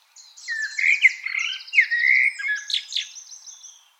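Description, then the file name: Common blackbird singing a continuous run of mellow fluting notes mixed with rapid high-pitched twittering and buzzy trills, without any pause. "Turdus merula"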